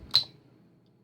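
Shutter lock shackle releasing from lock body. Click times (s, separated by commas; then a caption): 0.2 s. A Cisa 610/63 metal shutter padlock held in a vice is opened with its key, and the shackle releases from the lock body with a sharp click at 0.2 s. The click carries a bright ringing tone around 4 kHz and fades quickly into a quiet low background hum, leaving the lock released.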